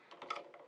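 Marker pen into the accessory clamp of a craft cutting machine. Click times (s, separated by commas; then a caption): 0.3 s. A plastic marker pen is pushed down into the accessory clamp of a craft cutting machine and clicks into place at about 0.3 s. A soft knock at 0.2 s leads into the sharp, bright click, followed by a fainter tap near 0.5 s. The pen is seated in the clamp.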